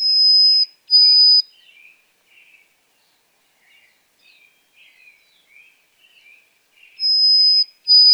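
White-throated sparrow: two long, steady, high whistled notes, then the same notes again after a pause; soft scattered twitters in between.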